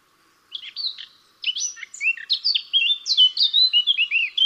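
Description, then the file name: Eurasian blackcap song: a few soft introductory notes, then a fast-paced warble that grows louder, ending in clear fluty phrases. "Sylvia atricapilla"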